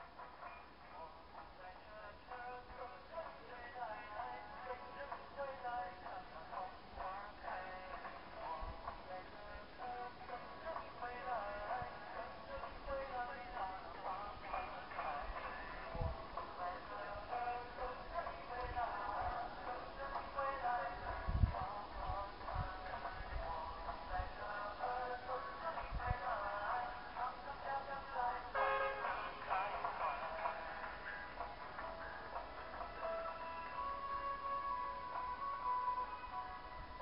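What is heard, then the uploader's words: Faint, distant radio music drifts through an outdoor space, mixed with murmured voices, occasional low thumps and a bird-like call near thirty seconds. Distant music on a radio at a vendor's stall near a Buddhist temple on Mt. Emeishan, near Leshan, China. Music from distant radio.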